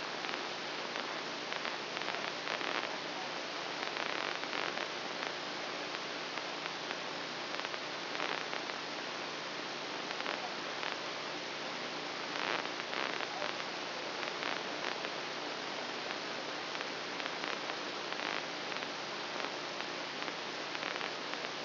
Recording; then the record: brain microelectrode recording played as sound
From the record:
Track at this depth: outside the subthalamic nucleus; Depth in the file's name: 4.906 mm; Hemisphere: left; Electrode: 2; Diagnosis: Parkinson's disease